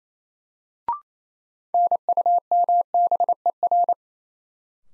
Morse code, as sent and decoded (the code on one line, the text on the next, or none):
-. ..- -- -... . .-.
NUMBER